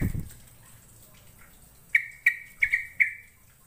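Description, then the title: Bird chirps: five sharp clipped notes in quick succession after a low thud at the start, otherwise quiet. "Kicau Burung"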